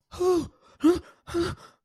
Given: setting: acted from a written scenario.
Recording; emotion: vocal sound without words; fear